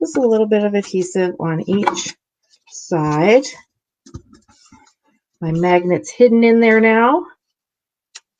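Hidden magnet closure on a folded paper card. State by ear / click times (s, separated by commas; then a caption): seated / 8.2 s. Someone talks while adhesive is added to each side and the taped-down corners hide magnets inside a folded paper card, with a few faint soft taps in a pause around 4.1–4.4 s. The card flap is then closed and the hidden magnet closure snaps it together with a short, sharp click at 8.2 s, popping the card shut.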